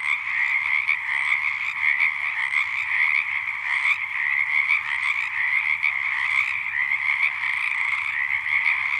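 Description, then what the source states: Frogs in a dense, steady chorus of overlapping trilled croaks, continuous and pulsing with no pauses. Frogs at Ledson.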